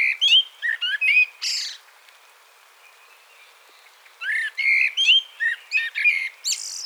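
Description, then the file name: Common blackbird song: warbled phrases of whistled notes mixed with high squeaky twitters, a pause of about two seconds, then another run of varied phrases. "Turdus merula"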